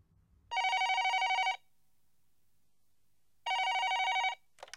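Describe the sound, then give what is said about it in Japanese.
A telephone rings twice around 12:40 pm, each burst a loud, steady electronic trill about a second long, separated by a pause of silence, followed by a brief click as the call is answered at a university research laboratory. “午後12時40分ごろ、電話で。”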